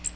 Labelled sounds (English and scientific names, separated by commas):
Magnolia Warbler (Setophaga magnolia) flight call